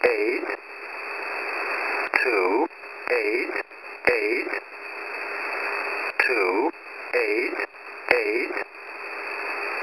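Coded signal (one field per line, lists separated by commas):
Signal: numbers station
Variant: E07 English Man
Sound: male voice reading short words at regular intervals through noisy shortwave static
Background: radio static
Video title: E07 English Man 12/08/2023 1410/1430 UTC 13519/14819kHz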